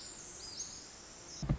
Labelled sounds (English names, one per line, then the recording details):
Pacific Wren
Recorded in Sonoma County, California